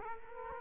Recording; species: mosquito wingbeat signal from an infrared sensor; Culex quinquefasciatus